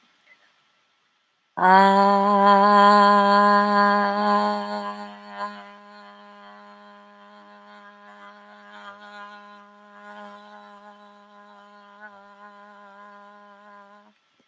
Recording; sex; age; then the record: vowel held as long as possible; female; 50 to 59 years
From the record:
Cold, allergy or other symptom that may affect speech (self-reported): no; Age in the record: 54 years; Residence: Washington, United States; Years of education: 13